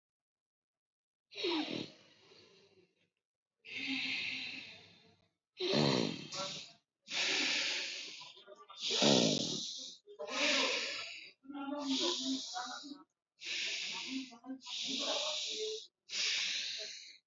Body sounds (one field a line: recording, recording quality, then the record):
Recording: deep breathing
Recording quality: excellent, no background noise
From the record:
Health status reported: respiratory illness, not identified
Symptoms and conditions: asthma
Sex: male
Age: 19 years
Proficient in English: yes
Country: India